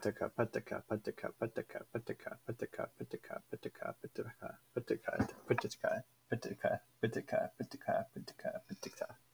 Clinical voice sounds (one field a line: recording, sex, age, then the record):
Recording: repeated syllables /pa ta ka/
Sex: male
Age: 20 to 29 years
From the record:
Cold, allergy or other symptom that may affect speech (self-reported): no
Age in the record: 25 years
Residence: Wisconsin, United States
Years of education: 16